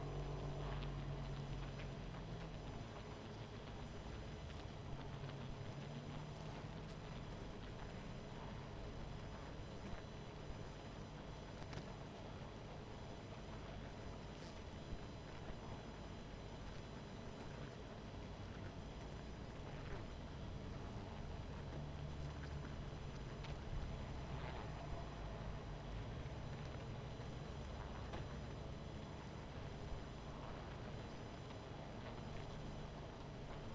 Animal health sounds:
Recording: honeybee colony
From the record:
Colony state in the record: missing queen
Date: 14 July 2017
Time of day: 19:54

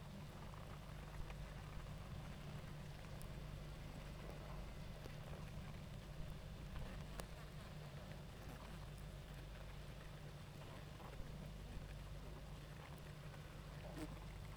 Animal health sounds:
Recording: honeybee colony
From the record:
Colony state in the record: active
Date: 28 July 2017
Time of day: 19:32

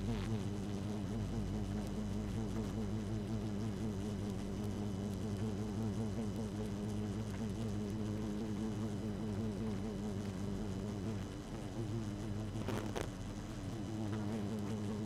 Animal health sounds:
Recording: honeybee colony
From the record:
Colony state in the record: active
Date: 12 June 2018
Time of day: 0:13

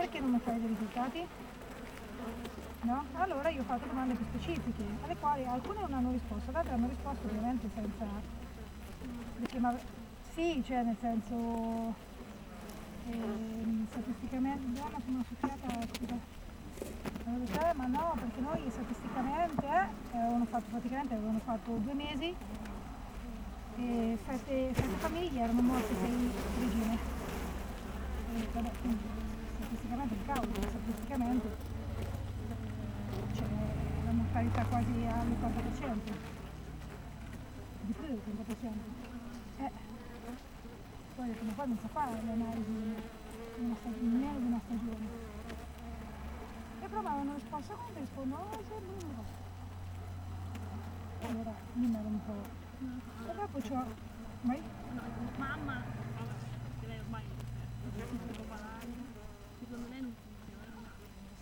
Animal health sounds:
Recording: honeybee colony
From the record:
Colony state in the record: missing queen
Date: 14 July 2017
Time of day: 7:22

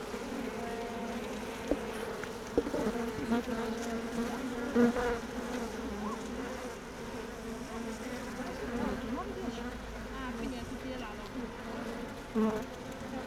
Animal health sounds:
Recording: honeybee colony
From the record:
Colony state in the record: missing queen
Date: 31 May 2018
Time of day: 16:17

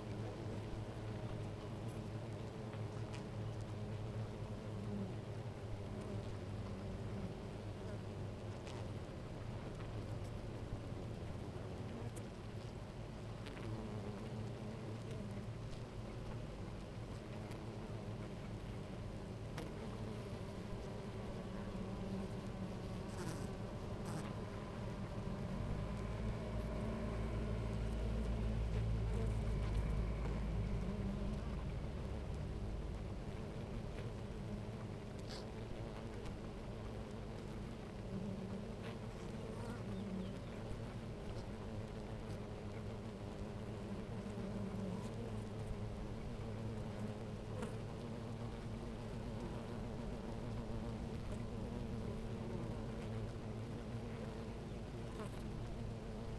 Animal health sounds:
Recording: honeybee colony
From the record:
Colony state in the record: active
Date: 28 July 2017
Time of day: 10:32

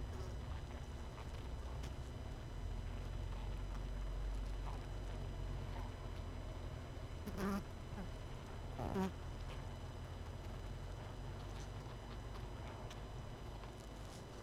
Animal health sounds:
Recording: honeybee colony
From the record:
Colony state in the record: missing queen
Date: 31 May 2018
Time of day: 21:00

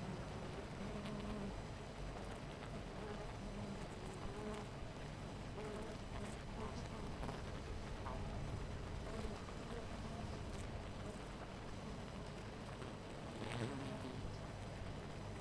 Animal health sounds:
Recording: honeybee colony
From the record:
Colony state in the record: missing queen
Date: 14 July 2017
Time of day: 9:27

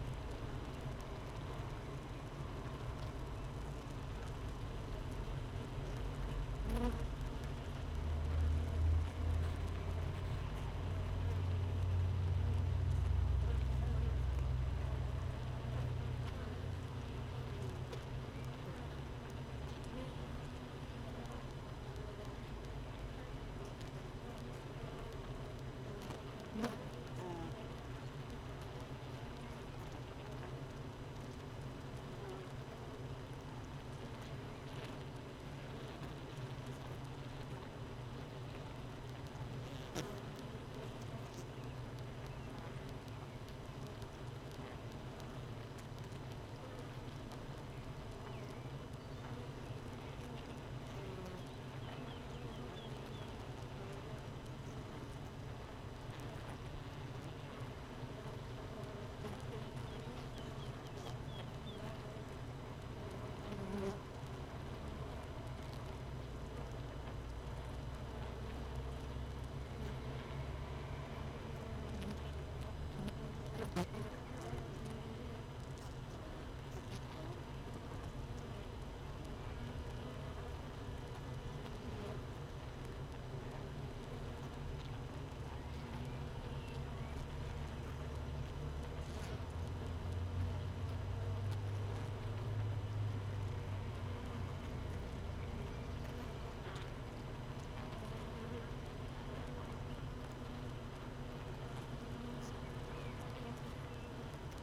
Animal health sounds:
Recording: honeybee colony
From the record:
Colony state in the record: missing queen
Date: 31 May 2018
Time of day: 15:14

